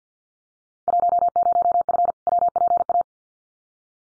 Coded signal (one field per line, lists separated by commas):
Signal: Morse code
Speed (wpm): 48 wpm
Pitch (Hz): 700 Hz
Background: none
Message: 10F WPA